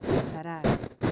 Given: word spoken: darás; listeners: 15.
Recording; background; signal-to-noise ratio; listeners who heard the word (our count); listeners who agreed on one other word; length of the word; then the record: one Spanish word in noise, from a listening test; noise modulated by one talker; -9.2 dB; 0 of 15; 6 of 15; 0.71 s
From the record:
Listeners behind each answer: 6, 4, 2, 1, 1, 1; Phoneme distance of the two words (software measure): 14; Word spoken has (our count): 2 syllables, 5 phonemes, stress on syllable 2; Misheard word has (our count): 3 syllables, 7 phonemes, stress on syllable 2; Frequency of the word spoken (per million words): 1.14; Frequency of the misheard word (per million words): 0.32